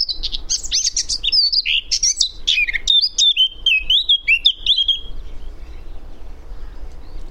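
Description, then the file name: Eurasian blackcap song: a scratchy, hurried warble that turns into clearer, fluty whistled notes, lasting about five seconds before a quiet pause. "Sylvia atricapilla"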